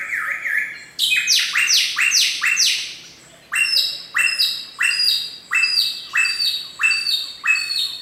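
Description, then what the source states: Hwamei delivering loud, ringing whistled notes, each sharply falling, repeated in quick series with a short pause. In a forest.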